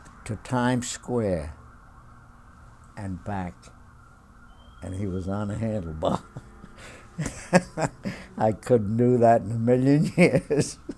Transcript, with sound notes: to Times Square and back. And he was on the handlebars. ( he laughs ) I couldn't do that in a million years.